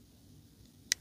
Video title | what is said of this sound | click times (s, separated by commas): GIANT MOUSE ACE SONOMA V2 REVIEW | and lock up or hit the uh you know hit the stop pin and then the lock bar you know snaps into place | 0.9 s